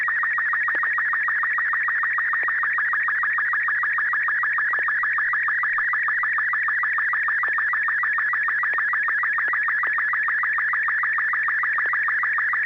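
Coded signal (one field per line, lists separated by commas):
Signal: SSTV (slow-scan television)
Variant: Robot 36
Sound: warbling, rapidly chirping tone with fast regular ticks, steady for the whole clip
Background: low steady hum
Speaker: all right this will be a quickie a robot 36. next wow anders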